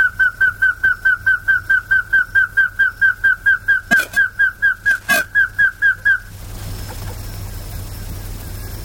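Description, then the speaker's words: Rail giving rapid, evenly repeated whistled notes for about six seconds before stopping abruptly; two sharp clicks sound partway through, then only hiss remains. South American rail calling after a warm-up; this group is known for long calls, longer than the roughly 15 seconds of Japanese long-calling birds. "それでは南米のクイナはどうでしょう。ウォーミングアップをして鳴いております。"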